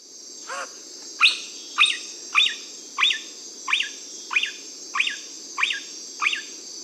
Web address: Natures Songs S America Mammals of the Rainforest Kinkajou